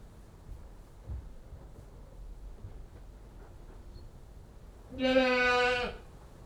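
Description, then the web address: Goat bleating once near the end, a steady, buzzy, harmonic bleat about a second long after several seconds of quiet low-level noise. One goat bleating, livestock. "BBC Sound Effects Library. One Old English Goat Bleating"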